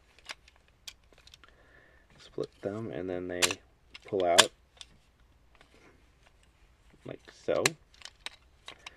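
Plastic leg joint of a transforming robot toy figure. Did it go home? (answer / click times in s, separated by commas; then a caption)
yes / 8.3 s. The plastic legs of a transforming robot toy figure are split apart and pulled out, with small plastic clicks and handling noises while someone talks. At 8.3 s the leg joints lock into place with a sharp snap, seating the legs in position.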